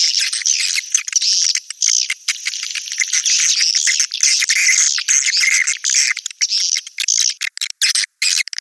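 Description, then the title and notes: Swiftlet twittering, a high continuous chatter of buzzy chirps that breaks into short choppy bursts near the end. Used in swiftlet farming, Asia. "Swiflet Bird Sound. Farming Swiflet Bird asia sound"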